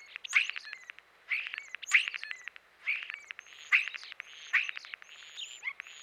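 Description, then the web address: European starling singing, bursts of rattling clicks mixed with squeaky whistles in several phrases, with a long thin whistle near the end. Eastern North America. "Dan Gibson Wildlife Identification By Sound, Eastern North America Pt 2. European Starling"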